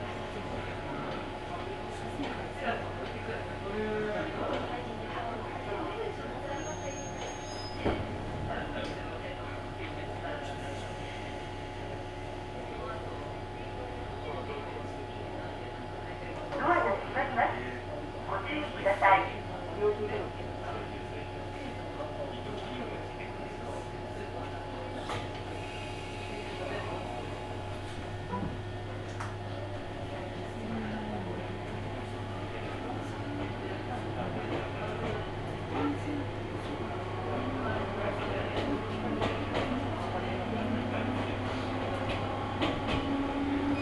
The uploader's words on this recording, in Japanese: 近江鉄道 高宮→彦根→八日市。高宮での待ち時間が長いこともあって一旦彦根まで戻り、再び本線に戻って八日市へと向かいます。